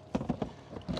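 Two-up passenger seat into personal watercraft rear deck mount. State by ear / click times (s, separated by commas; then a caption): seated / 1.0 s. A two-up passenger seat section is fitted onto the rear deck mount of a 2023 Sea-Doo Apex personal watercraft, in place of the removed rear seat piece. Three short knocks sound at about 0.2, 0.3 and 0.4 s, and a broader shuffling noise rises from 0.9 s. A sharp snap at 1.0 s marks the seat latching into place, seated.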